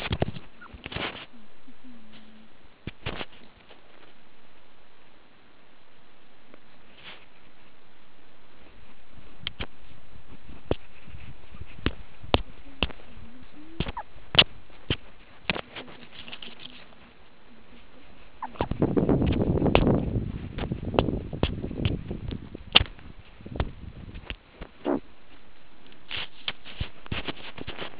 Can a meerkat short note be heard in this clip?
yes